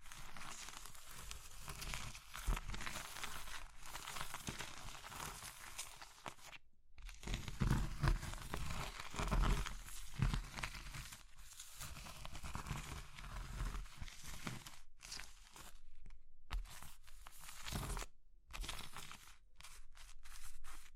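Crushing and crumbling of soft brittle material, dense crackly scraping with bursts of louder crunching and brief silent gaps, especially after fifteen seconds.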